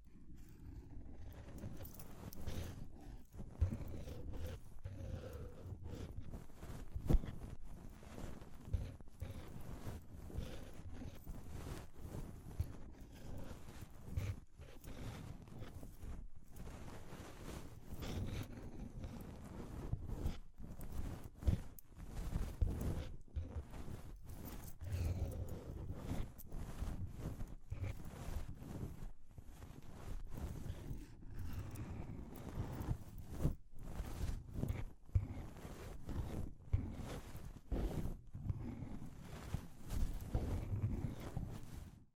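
Scratching and tapping on an ear-cleaning setup, with a constant muffled rubbing rumble low down. Sharp clicks and taps land irregularly but densely through the whole stretch, sometimes in quick clusters, with a few louder knocks standing out.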